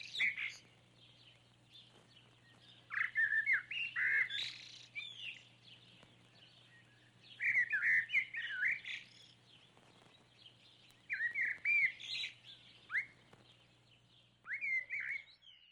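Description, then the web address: Bird song of warbled, slurred whistles in phrases of about two seconds, repeated after pauses, with a low steady hum beneath. "Птицы"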